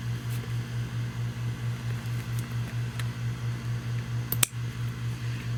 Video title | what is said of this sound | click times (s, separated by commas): SeaDoo Engine Gateway | So I hear it snap. | 4.3 s, 4.4 s